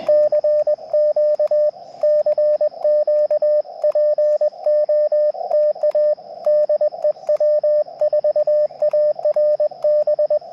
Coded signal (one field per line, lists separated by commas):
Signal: Morse code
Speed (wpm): 21 wpm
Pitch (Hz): 600 Hz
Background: radio noise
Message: CQ CQ POTA DE W4ARB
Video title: POTA QRP CW - 05/31/23 @ K-4451